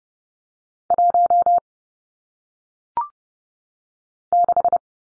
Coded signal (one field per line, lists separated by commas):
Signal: Morse code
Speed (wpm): 30 wpm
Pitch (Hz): 700 Hz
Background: none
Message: 1 6